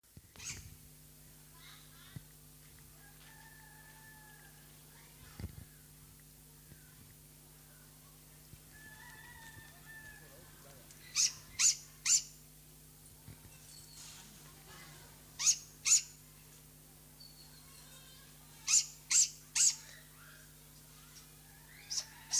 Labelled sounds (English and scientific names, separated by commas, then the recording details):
Great Grey Owl (Strix nebulosa) call
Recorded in captivity
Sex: diverse
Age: juvenile
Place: Zoo Berlin, Berlin, DE
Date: 2003-09-05 15:20
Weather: heiter, ca. 22°C
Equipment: Fair Mate ST-1328 (Asahi Electronics, Japan), Sennheiser ME 80, Kopie Uher 4000 Report Monitor
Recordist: Tembrock, Günter
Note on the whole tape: Alttiere mit drei Jungen (im Mai geschlüpft): Fütterung: Die Alten übernehmen die Mäuse, zwei der Jungen äußern die Lautfolgen